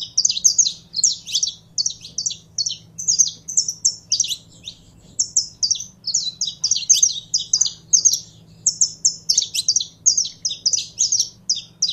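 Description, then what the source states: Canary singing continuously in bright, rapid trills and chirped phrases, rhythmic and nearly unbroken throughout, with a soft low hum. Song of a purebred Belgian canary.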